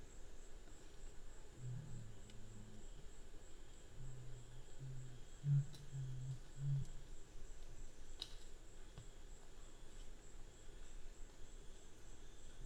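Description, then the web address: Black curassow producing a soft, deep booming phrase of low hums and short pulses, fairly quiet against a steady background hiss. "sound Black-curassow. صدای-پرنده-کاکل-فری-سیاه"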